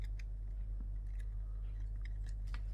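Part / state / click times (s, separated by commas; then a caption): rubber drive belt onto capstan pulley of a personal cassette player / not seated / none. A new rubber drive belt is worked onto the capstan pulley and flywheel of a Panasonic RQ-SX model personal cassette player while the capstan is rotated by hand. Small, sharp plastic ticks sound over a steady low hum. The belt has not clicked or seated into place yet.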